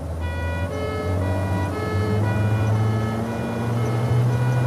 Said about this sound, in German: Los, hinterher. Stell die Sirene an.